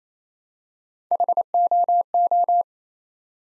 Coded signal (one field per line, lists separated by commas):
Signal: Morse code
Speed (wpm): 27 wpm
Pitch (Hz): 700 Hz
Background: none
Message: HOO